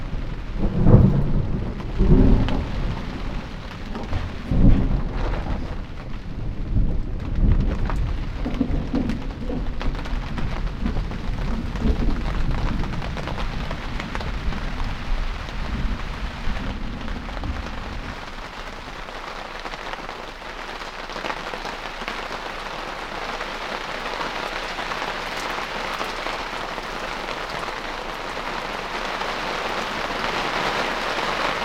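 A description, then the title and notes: Rain pours steadily through a thunderstorm, a dense hiss that carries on without a break. In the first eighteen seconds a deep thunder rumble rolls underneath, heaviest around two to five seconds, then fades away, leaving only the even wash of rain. Heatwave thunderstorm that washes and cools (panoramic, made for headphones). The Lento mics captured this storm as it passed over Hackney in North East London in early afternoon last week, after a long period of exceptionally hot and dry weather.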